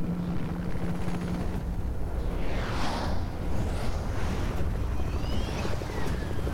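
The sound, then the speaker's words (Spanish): A helicopter descending in Metropolis: its rotor chops steadily in a loud, continuous low rumble, with a broad whooshing wash and faint rising whines drifting over it; no one speaks. “Está descendiendo un helicóptero donde baja Bruce Wayne.”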